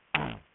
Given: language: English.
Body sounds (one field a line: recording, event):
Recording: throat vibration sensor signal played as sound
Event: throat clearing